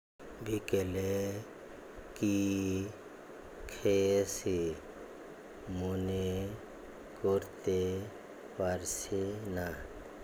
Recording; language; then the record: elicited speech; Bengali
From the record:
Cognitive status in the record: dementia